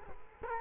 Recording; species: mosquito wingbeat signal from an infrared sensor; Culex quinquefasciatus